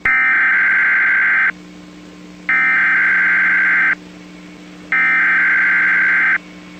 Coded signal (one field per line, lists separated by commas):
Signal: Emergency Alert System (SAME) tones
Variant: header bursts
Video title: EAS MOCK: 911 TELEPHONE OUTAGE EMERGENCY 1/26/21